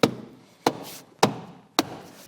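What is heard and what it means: A plastic interior trim panel, lined up on its rivet clips, is pressed down into the car body, giving four sharp snaps at 0.0, 0.7, 1.2 and 1.8 seconds. Each snap fades quickly into quiet. The trim panel clips are seated.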